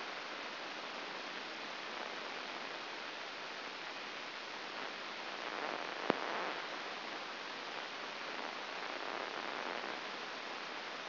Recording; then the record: brain microelectrode recording played as sound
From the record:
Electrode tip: inside the subthalamic nucleus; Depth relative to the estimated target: -2 mm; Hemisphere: left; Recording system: AlphaMap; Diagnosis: Parkinson's disease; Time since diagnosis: 9 years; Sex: female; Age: 40 years